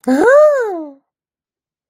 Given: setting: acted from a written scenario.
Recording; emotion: vocal sound without words; amusement